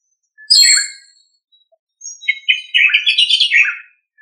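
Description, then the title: Thrush song: a short descending whistled phrase, a pause of about a second, then a longer warbling run of rich, varied notes, in an otherwise silent background. "Sabia"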